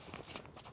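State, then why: Not seated. The fixed end of an external carry strap's metal hook is being handled and pushed toward the attachment point inside a backpack side pocket. Soft handling and rustling noises are heard, with brief sharper sounds near 0.1 and 0.4 seconds. Nothing has seated or clicked yet.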